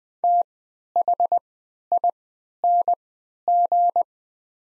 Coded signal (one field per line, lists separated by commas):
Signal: Morse code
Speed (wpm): 20 wpm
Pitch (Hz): 700 Hz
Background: none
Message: THING